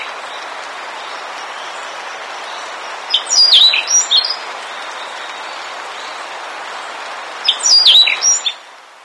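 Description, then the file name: Bird calling, two short bursts of bright, twittering, warbled notes about four and a half seconds apart, over a steady background hiss. "SABIOD 50 bird 2015"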